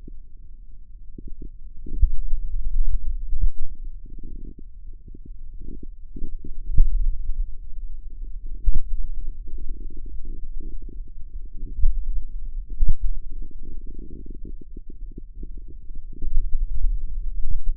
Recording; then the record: forearm muscle sounds (acoustic myography)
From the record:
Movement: pen grasping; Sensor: system 2, bracelet of six BSWA MPA416 microphones around the upper forearm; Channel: 6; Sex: male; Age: 22 years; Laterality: right